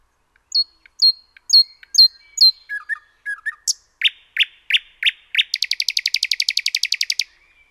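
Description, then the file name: Common nightingale singing a series of downslurred high notes, several loud separated chips, then a rapid trill lasting nearly two seconds. "Luscinia megarhynchos 180914"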